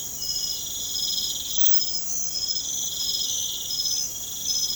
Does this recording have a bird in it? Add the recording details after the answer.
no. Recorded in pastures near Puerto Asís, Putumayo, Colombia, on 30 June 2025 at 01:30. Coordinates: 0.472, -76.331. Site G095